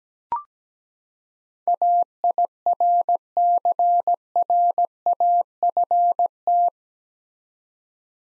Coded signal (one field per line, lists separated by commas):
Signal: Morse code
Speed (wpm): 17 wpm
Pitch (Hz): 700 Hz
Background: none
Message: AIRCRAFT